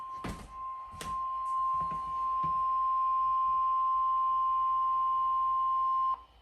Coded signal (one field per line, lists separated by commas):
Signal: Emergency Alert System (SAME) tones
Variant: 1050 Hz attention tone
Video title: EAS Severe Thunderstorm Warning - Vance, Warren and Franklin Counties - March 7 2022